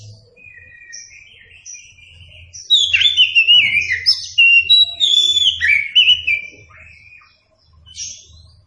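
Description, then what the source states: Oriental magpie-robin singing soft whistles that build into a loud burst of varied warbling and chattering notes, with a low rhythmic thumping in the background. Song recording used as a model for training captive birds.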